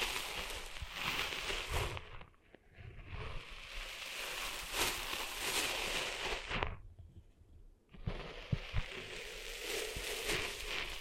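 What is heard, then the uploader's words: Dense, gritty scratching and rustling fills the clip, like sand being worked out of an ear, with a bright hiss and low thumps. It breaks off twice into near silence, around two seconds and again near seven to eight seconds, then resumes. ASMR Cleaning Sand Out of Your Ears (No Talking).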